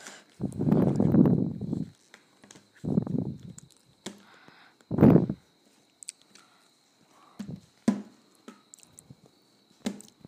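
Ramen noodles being eaten, with long thick slurps near the start, around three seconds and again near five. Between them come short wet clicks and smacks of chewing, roughly every second or two, over a faint steady high whine and near silence.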